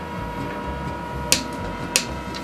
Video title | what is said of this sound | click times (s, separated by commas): 【ENG Sub】ヒラピー ･ 章 の AE86 ワークボックス ep4 ～ 至高の 4A-Gエンジン 製作記 ～ / HiraP&Akira's AE86 Workbox ep4 | These two clicks are satisfying | 1.3 s, 2.0 s